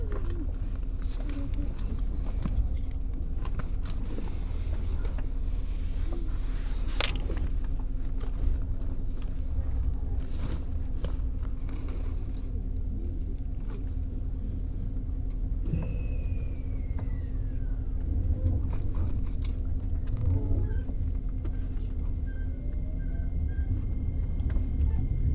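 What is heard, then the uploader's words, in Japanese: A train ride: steady low rumble throughout with a constant hum, scattered clicks and rattles, and a brief falling squeal near sixteen seconds. 鉄道旅 佐賀→博多→中洲川端→呉服町。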